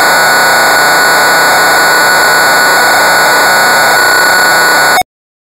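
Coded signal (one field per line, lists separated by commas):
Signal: computer data on cassette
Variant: Amstrad CPC tape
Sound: harsh continuous screeching hiss with a steady whine, abruptly stopping after five seconds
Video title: Fu-Kung in Las Vegas (1985) - Amstrad CPC 464 (Full Tape Rip / Cassette Load)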